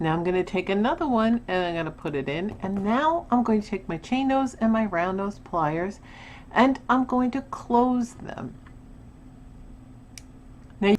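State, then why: Seated. A person talks while closing a small metal jump ring onto a wire loop of a beaded chain of natural obsidian 8mm beads, using chain nose and round nose pliers. After the talking stops, a sharp, high click sounds at 10.2 seconds as the jump ring closes with its two ends meeting flush, followed by a softer tap.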